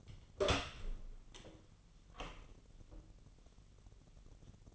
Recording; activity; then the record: daily activity, microphone in the room; open door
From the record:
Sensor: 4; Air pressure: 1010.0 hPa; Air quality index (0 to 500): 190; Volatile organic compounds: 3 ppm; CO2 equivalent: 1365 ppm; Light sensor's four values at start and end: 35/84/34/36 and 32/78/32/34